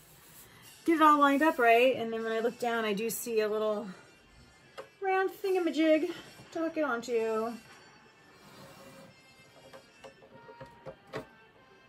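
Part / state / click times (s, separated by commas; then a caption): plastic building brick onto a ship model assembly / not seated / none. A plastic building brick piece, an unusual one without a standard connector, is lined up with a small round hook point on a ship model assembly while someone talks. Faint handling taps and rustles follow, but nothing has seated or clicked yet.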